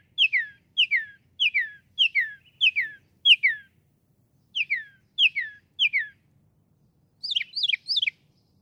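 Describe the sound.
Northern mockingbird song: falling slurred whistles repeated six times, a brief gap, three more, then a switch to a higher, twittering phrase.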